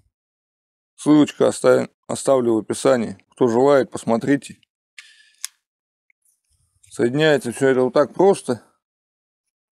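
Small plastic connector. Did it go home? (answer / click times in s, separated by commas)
no / none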